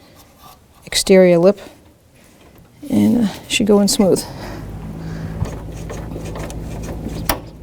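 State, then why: Seated. Someone talks while the lower transmission cooler line on a 1984-2001 Jeep Cherokee is pushed onto the radiator outlet fitting, its four plastic retaining tabs meant to click over the fitting's outer lip. After some low rubbing and handling noise, a sharp click at 7.3 s marks the quick-connect seating, and the line is then tugged to confirm it is locked.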